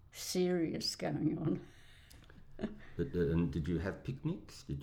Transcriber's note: laughs